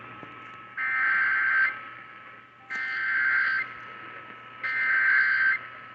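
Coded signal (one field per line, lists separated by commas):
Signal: Emergency Alert System (SAME) tones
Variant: header bursts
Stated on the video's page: Real captured severe weather alert tones, valid EAS tones.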